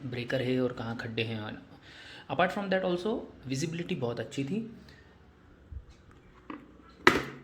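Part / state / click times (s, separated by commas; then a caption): helmet visor into its locking catch on the shell / seated / 7.1 s. Someone talks, then a plastic visor on a Studds Thunder motorcycle helmet is pushed down into its locking catch on the shell. Faint taps come at 6.1 and 6.5 seconds before a sharp click at 7.1 seconds as the visor locks shut. Because it locks, dust and dirt cannot get in.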